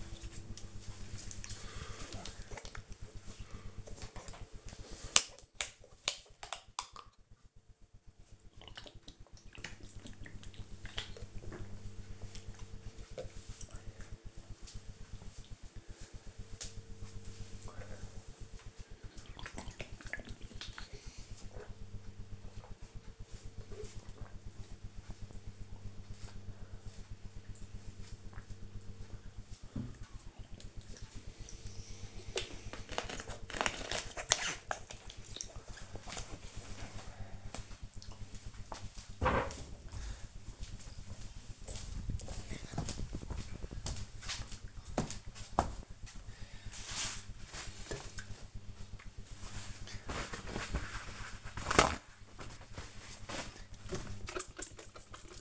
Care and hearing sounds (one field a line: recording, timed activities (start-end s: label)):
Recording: household activities, microphone on the right wrist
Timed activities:
3.05-33.23 s: drinking
47.32-55.41 s: window cleaning